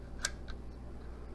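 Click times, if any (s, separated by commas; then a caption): 0.2 s. The spring-loaded plastic side gripping arms of an iOttie One Touch 4 dashboard and windshield phone mount are pulled open until they lock in the open position. A sharp click is heard at 0.3 s, followed by a fainter tick at 0.5 s, over a steady low hum. The arms are confirmed locked open.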